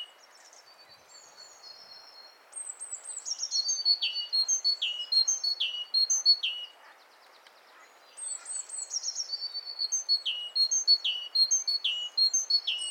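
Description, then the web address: Great tit calls: quiet at first, then two long bursts of rapid high chirps and sharply falling notes with a short gap between. "SETE Parus major"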